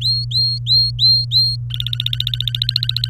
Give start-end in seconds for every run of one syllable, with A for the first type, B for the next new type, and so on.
0.01-1.56 A, 1.70-3.10 B